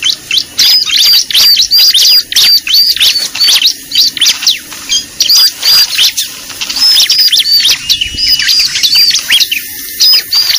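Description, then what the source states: Lovebird calls: repeated high, squeaky chirps and sharp screeches in fast strings. Lure recording used for attracting lovebirds (pikat).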